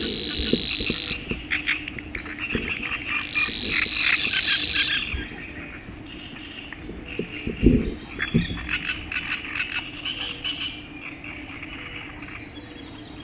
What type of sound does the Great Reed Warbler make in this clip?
song